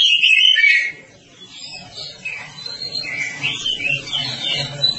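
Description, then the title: Oriental magpie-robin song: a brief, loud opening phrase of fluty whistles, then softer, scattered warbling over a steady low hum. "Kacer"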